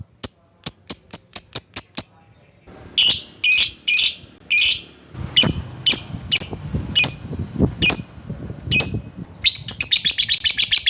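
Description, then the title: Lovebird calling with quick shrill chirps, then harsher squawky notes, ending in a rapid chattering run of high notes. Lovebird calling a rival. "Lovebird Memanggil Lawan"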